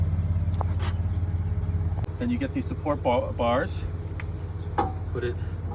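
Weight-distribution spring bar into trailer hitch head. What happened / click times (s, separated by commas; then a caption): The spring bar is being handled and has not yet clicked into the hitch head / none. Someone talks while handling a steel sway-control spring bar for a weight-distribution hitch, about to push it into the bottom of the hitch head while connecting a 2022 Forest River Cherokee Wolf Pup 16BHS trailer set up for towing capacity below 3500 pounds. A steady low rumble runs underneath, with brief sharp sounds near 0.6, 2.0 and 4.2 seconds. Nothing has clicked into the hitch head yet.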